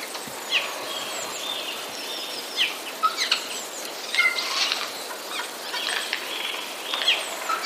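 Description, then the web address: Eurasian jay harsh rasping bursts, a few scattered broad rough calls over several seconds, with thin chirps and whistles of other birds around. Chatter of several jays, filed among passerines, recorded 31 March 2013. "wroblowe ostrzegator szczebiot sojek 31 03 2013"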